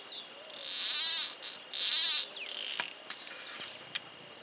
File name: cortarramas voz